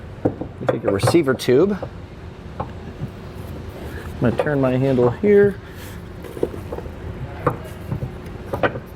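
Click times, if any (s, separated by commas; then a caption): none. A removable steel receiver tube is handled at the hidden trailer hitch mount behind the rear fascia of a 2022 Tesla Model 3, with its handle about to be turned while someone talks. Sharp metallic knocks and taps land near 0.3, 0.7, 2.6, 6.4 and 7.5 seconds. Nothing has seated or clicked yet; the tube is not yet home.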